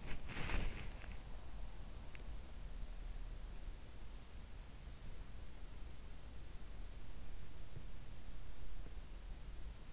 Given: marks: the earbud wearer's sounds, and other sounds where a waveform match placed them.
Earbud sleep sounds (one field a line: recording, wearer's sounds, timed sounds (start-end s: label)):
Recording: sounds in sleep by an in-ear microphone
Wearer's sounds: body movement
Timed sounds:
0.00-1.03 s: body movement